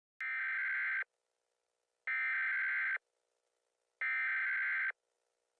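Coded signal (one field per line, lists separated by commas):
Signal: Emergency Alert System (SAME) tones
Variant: header bursts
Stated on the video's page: Hypothetical, simulated EAS activation that never actually happened.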